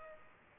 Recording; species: mosquito wingbeat signal from an infrared sensor; Culex pipiens